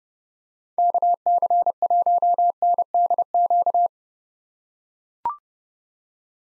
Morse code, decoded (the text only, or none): KC1NDQ